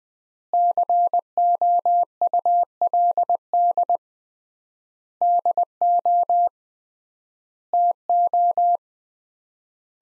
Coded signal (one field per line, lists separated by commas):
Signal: Morse code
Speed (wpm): 21 wpm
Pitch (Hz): 700 Hz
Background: none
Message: COULD DO TO